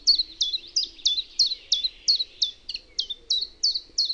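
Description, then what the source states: Common chiffchaff singing, crisp high falling notes repeated quickly and fairly evenly, about three each second. Own recording made in Finland.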